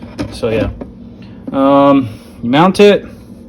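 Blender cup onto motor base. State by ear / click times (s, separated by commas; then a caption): not seated / none. A Ninja blender cup filled with frozen berries, milk and coconut water is handled for mounting onto its motor base while someone talks. Nothing has seated or clicked yet.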